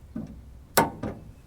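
A plastic rod retainer clip on the tailgate handle of a 2002 GMC Sierra is flipped up to lock the rod. A soft tap at 0.2 s is followed by a sharp, bright click at 0.8 s and a softer knock at 1.0 s. The clip clicks locked at 0.8 s, and both the red and green clips are locked in place.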